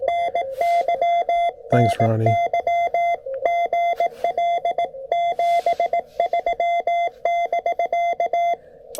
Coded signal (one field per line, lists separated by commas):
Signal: Morse code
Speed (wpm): 18 wpm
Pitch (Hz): 690 Hz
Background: speech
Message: NYNY GL 73<BK>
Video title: Bug-Out Month POTA Activation! Bringing The 1985 Vibroplex Presentation Module To The Outdoors!